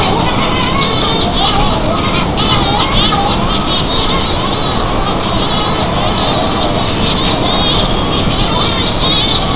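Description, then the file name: Shearwaters giving wavering, wailing calls from several birds at once, overlapping and rising and falling, over a steady pulsing high insect-like trill and a constant low rumble. "Sturmtaucher"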